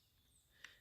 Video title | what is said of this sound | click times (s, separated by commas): shooting my .22 cal. lr. Chipmunk rifle | make sure to see all the way forward and see here a little click | 0.7 s